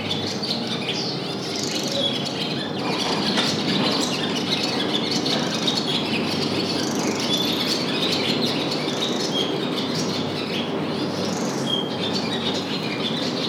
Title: Chau. de Liège 178, 6900 Marche-en-Famenne, Belgique - Hirondelles - Swallows - in prison